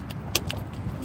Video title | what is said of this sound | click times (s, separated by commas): 2008 Honda Ridgeline Headliner Replacement | and then it'll snap in place like so. | 0.4 s